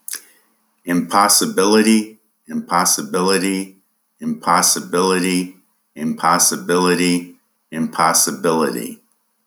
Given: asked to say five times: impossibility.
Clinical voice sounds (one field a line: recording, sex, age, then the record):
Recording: repeated word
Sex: male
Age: 60 to 69 years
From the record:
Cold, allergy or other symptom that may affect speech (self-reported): no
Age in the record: 68 years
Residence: New Mexico, United States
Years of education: 19